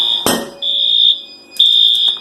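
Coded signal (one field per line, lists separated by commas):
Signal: alarm pattern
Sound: a click, then a shrill high-pitched alarm beeping in long tones, two heard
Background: indoor room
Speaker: so if it hits 150 degrees, then it will sound the outside alarm, and it will also make sure that the compressor is turned off.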